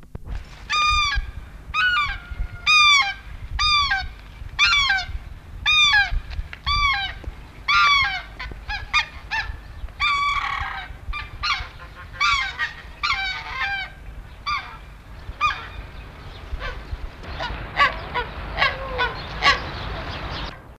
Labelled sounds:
Coscoroba Swan (Coscoroba coscoroba) call
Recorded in captivity
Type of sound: call
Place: Zoo Duisburg, Nordrhein-Westfalen, DE
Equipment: Halbspur, 9,5 cm/s
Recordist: Lütgens, Hans
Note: Alarm und gewöhnlicher Ruf

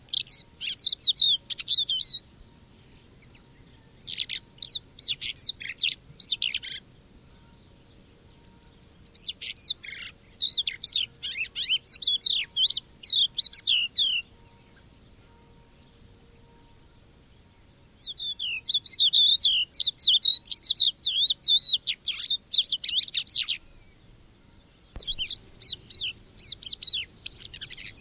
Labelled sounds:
Crested Lark (Galerida cristata)
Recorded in the wild
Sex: male
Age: adult
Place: Erlangen, OT Schallershof, Bayern, DE
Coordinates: 49.5792, 10.9736
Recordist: Tretzel, Erwin

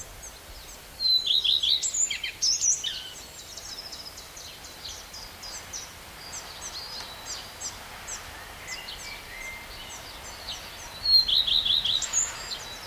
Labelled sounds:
Common Redstart (Phoenicurus phoenicurus) song
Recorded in the wild
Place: Prerow, Darß, Mecklenburg-Vorpommern, DE
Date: 1989-05-04 13:56
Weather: sunny, 20°C
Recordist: Tembrock, Günter

